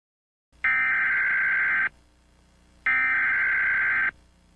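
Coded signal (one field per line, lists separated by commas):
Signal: Emergency Alert System (SAME) tones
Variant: header bursts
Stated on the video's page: Fictional EAS scenario themed on The Powerpuff Girls.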